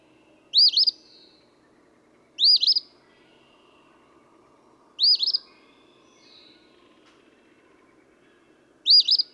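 Eastern phoebe giving raspy, stuttering song phrases, four in total at irregular gaps, amid quiet background noise.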